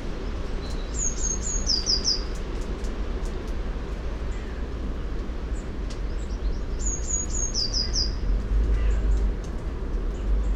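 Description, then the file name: Eurasian blue tit song: two phrases of high whistled notes sliding into a brief trill, about six seconds apart, with scattered clicks and a steady low rumble. "Cyanistes caeruleus"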